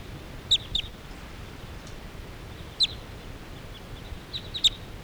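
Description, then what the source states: Crossbill flight calls: several sharp, high notes in brief pairs and singles over a steady background hiss. Call type 380; flock flying away from the net area, not interested in coming down to the decoys.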